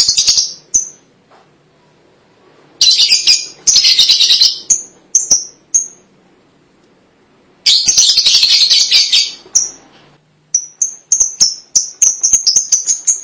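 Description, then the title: Lovebird chatter, two loud bursts of dense buzzy twittering separated by scattered sharp chirps and quiet gaps, ending in rapid repeated high notes. "BM Suara Burung Lovebird"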